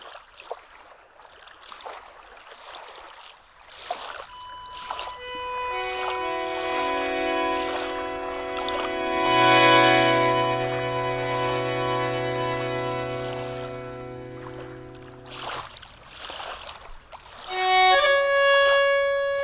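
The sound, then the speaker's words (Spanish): A soundscape by Adolfo Cortz opens with the steady rushing water of a large South American river, whose basin is the continent's second largest after the Amazon. Layered sustained tones soon join, swelling and holding over the flow before fading, with the water continuing beneath. “En este paisaje sonoro, Adolfo Cortz intenta regalar a nuestros oídos todo el esplendor de su caudal.”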